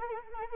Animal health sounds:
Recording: mosquito wingbeat signal from an infrared sensor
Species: Anopheles arabiensis

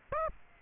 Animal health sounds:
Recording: mosquito wingbeat signal from an infrared sensor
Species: Aedes aegypti

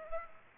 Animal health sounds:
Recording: mosquito wingbeat signal from an infrared sensor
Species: Culex pipiens

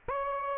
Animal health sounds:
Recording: mosquito wingbeat signal from an infrared sensor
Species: Aedes aegypti

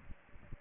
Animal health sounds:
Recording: mosquito wingbeat signal from an infrared sensor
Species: Aedes aegypti

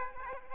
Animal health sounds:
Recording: mosquito wingbeat signal from an infrared sensor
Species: Aedes aegypti

